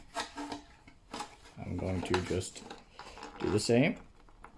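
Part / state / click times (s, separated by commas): plastic seat back into holes of RC car interior / not seated / none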